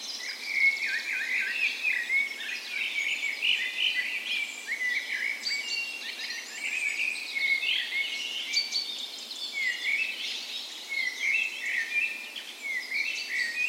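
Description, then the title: Many birds in chorus, busy high trills and repeated chirps layered over each other without pause. Dawn chorus on the morning of 17 May, Norway's National Day, in a park west in Bergen, Norway, in spring; Sony PCM A10 recorder with LOM micro Usi mics as tree ears. "17th Of May Dawn Chorus"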